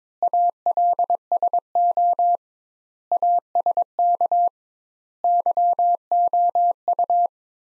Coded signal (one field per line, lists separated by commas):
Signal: Morse code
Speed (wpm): 22 wpm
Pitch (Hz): 700 Hz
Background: none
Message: ALSO ASK YOU